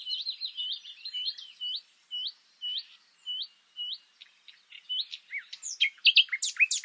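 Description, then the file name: Common nightingale song: a series of slow, spaced, upward-flicked whistled notes repeated about twice a second, then breaking into louder, varied rapid notes. "Luscinia megarhynchos"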